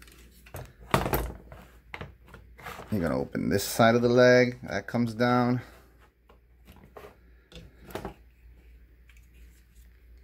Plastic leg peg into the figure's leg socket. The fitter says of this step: You'll hear it click.